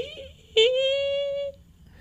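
A single steady, high, whistling tone held for about one second, voiced in imitation of a wheeze, like a chick peeping. A wheeze comes from a narrowed bronchiole as air tries to get out, can also occur on breathing in, and is heard with the stethoscope over the lung fields; typical of asthma and also occurs in emphysema.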